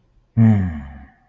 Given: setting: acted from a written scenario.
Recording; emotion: vocal sound without words; guilt